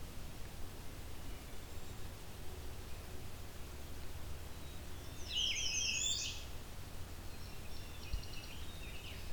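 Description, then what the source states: Blue-winged Warbler song: one short buzzy, insect-like phrase midway, followed by faint high notes, over a constant low background rumble. Not a frequent singer at the time; forest edge bordering a field with transition meadow, next to a quarry.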